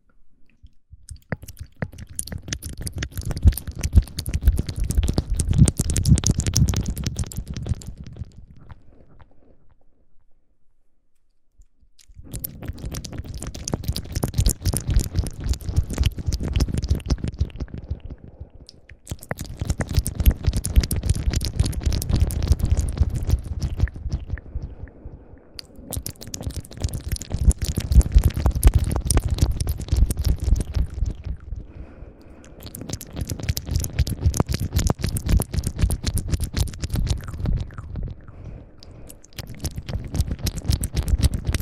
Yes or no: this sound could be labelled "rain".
no